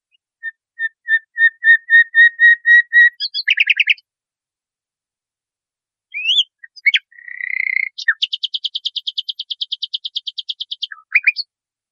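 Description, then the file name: Nightingale song: swelling whistled notes build into a fast rattle, then after a pause come slurred notes and a long, rapid trill. Masteran training song for teaching cage birds. "suara masteran nightingale"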